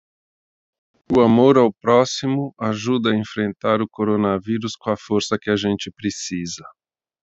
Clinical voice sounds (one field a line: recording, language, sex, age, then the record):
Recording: spoken sentence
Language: Brazilian Portuguese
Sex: male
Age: 60 to 69 years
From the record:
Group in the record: control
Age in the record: 60 years